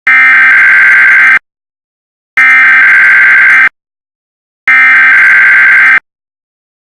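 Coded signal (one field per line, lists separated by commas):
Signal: Emergency Alert System (SAME) tones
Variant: header bursts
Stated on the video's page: Fictional recreation imagining a UK EAS; not a real broadcast.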